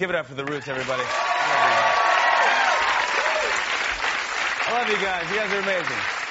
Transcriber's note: soundbite of cheering